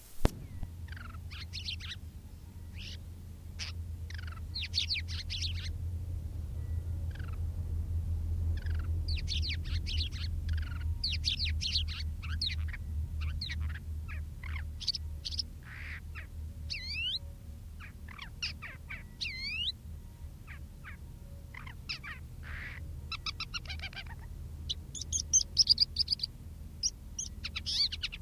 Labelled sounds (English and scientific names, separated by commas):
Crested Lark (Galerida cristata) song